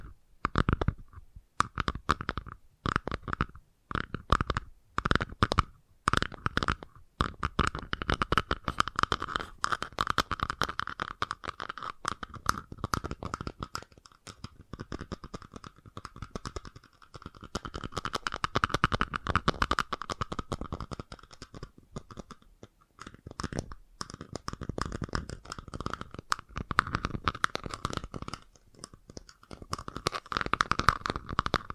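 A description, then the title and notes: Fast tapping runs for the full half minute as a dense stream of sharp, clicky strikes, each with a bright ring near the middle of the range. It starts in short separated bursts with brief gaps, then settles into a nearly continuous rapid rattle. FAST TAPPING (No Talking).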